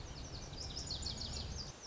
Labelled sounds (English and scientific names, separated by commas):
Lazuli Bunting (Passerina amoena)